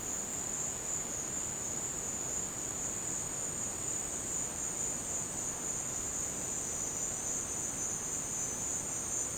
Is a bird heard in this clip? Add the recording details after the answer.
no. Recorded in dense forest near Puerto Asís, Putumayo, Colombia, on 22 June 2025 at 14:30. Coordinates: 0.484, -76.317. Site G045